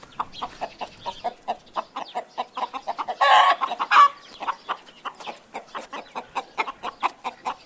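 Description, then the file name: Chicken clucking: short, soft notes repeated rapidly and irregularly, with two louder, harsher squawk-like bursts midway. "kyckling"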